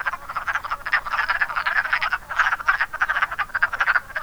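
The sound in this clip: Many wood frogs chuckling together, short raspy quacks pulsing quickly and overlapping throughout the brief stretch.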